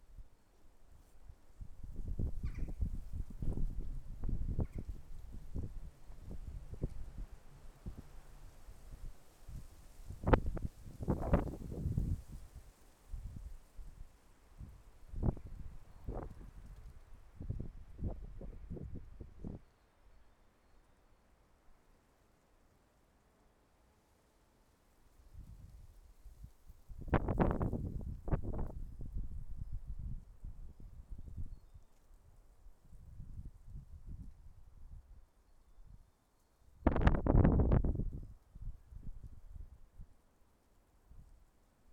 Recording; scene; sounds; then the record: everyday scene through a hearing-aid microphone; wind on the microphone; wind, traffic, birds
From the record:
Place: suburban garden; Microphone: behind the ear, left, front